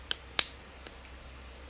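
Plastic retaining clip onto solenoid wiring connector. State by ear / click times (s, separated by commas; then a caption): seated / 0.4 s. A new plastic retaining clip is pushed onto the wiring connector of a new transmission solenoid on a 2013-2019 Subaru Outback. A faint click at 0.1 s is followed by the loudest, sharp snap at 0.4 s and a soft click at 0.9 s. The clip snaps on and is confirmed seated at 0.4 s.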